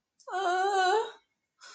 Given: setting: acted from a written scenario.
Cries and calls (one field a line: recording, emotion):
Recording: vocal sound without words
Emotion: distress